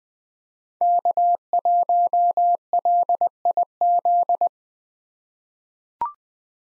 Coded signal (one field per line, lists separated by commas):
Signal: Morse code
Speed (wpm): 20 wpm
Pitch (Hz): 700 Hz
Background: none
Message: K1LIZ